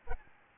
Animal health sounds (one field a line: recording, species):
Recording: mosquito wingbeat signal from an infrared sensor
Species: Aedes albopictus